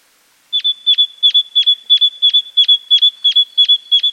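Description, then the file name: Great tit starting abruptly into a regular string of about eleven sharp, high metallic notes, roughly three per second, in a quiet setting. "Parus major"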